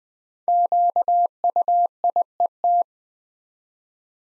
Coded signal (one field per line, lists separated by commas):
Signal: Morse code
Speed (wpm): 20 wpm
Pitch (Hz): 700 Hz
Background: none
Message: QUIET